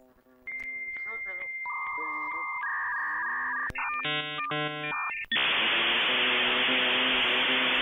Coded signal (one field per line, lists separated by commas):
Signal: dial-up modem handshake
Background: speech